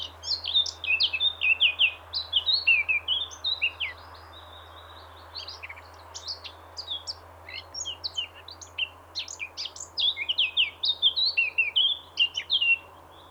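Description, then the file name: Eurasian blackcap singing a long, rapid, varied warble of high chattering notes and clear whistles, in bursts with short pauses, over a low steady hum. "Sylvia atricapilla"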